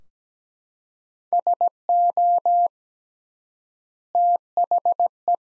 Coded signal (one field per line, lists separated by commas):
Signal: Morse code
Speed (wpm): 17 wpm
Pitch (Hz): 700 Hz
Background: none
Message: SO THE